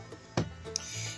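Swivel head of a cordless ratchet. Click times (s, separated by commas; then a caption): 0.8 s. The swivel head of a Ryobi P344 cordless ratchet is pushed up, twisted to a new angle and let go so it locks into position. A broad thump at 0.4 s is followed by a short, bright click at 0.8 s as the head locks into place.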